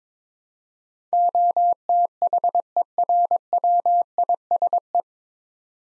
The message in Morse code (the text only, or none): OTHERWISE